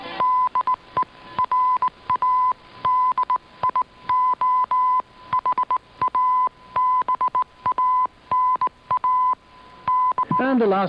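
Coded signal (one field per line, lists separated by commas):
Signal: Morse code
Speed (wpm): 18 wpm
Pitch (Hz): 1010 Hz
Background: speech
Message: DERADIOHABANA D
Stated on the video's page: Received off the air from Radio Havana Cuba shortwave on 15140 kHz with an Icom IC-R9500 receiver.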